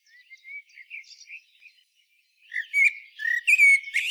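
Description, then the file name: Common blackbird: soft, quiet twittering at first, then louder whistled phrases mixed with high squeaky notes in the final seconds. "Turdus merula"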